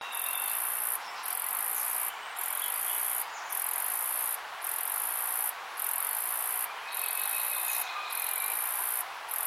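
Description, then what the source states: Insect call, a piercing high continuous trill broken by short regular pauses roughly every second, with faint thin chirps and a steady background hiss. Insect call recorded in Yandina, Australia.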